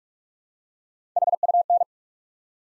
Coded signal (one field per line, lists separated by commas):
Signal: Morse code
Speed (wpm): 46 wpm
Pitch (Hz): 700 Hz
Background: none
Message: HUN